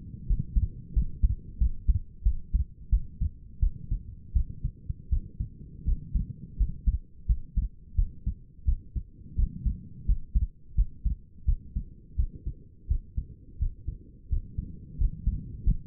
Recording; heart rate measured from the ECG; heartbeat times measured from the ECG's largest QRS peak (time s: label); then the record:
heart sounds by stethoscope; 86 bpm
0.27 s: heartbeat
0.94 s: heartbeat
1.59 s: heartbeat
2.23 s: heartbeat
2.90 s: heartbeat
3.60 s: heartbeat
4.34 s: heartbeat
5.10 s: heartbeat
5.85 s: heartbeat
6.58 s: heartbeat
7.27 s: heartbeat
7.96 s: heartbeat
8.66 s: heartbeat
9.36 s: heartbeat
10.06 s: heartbeat
10.76 s: heartbeat
11.46 s: heartbeat
12.17 s: heartbeat
12.88 s: heartbeat
13.59 s: heartbeat
14.29 s: heartbeat
14.98 s: heartbeat
15.64 s: heartbeat
From the record:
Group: healthy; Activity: rest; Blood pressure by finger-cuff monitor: 135/88 mmHg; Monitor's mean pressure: 102 mmHg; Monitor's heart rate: 86 bpm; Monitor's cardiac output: 6 L/min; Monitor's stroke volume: 70 mL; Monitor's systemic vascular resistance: 1260 dyn s/cm5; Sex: female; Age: 37 years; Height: 168 cm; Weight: 70 kg